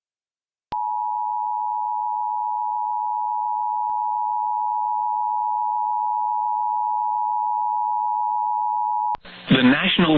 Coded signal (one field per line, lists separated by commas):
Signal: Emergency Alert System (SAME) tones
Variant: 853 and 960 Hz attention tone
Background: speech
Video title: EAS Tornado Warning SE Wisconsin (Tornado On The Ground!) NOAA Weather Radio +WeatherSTAR4000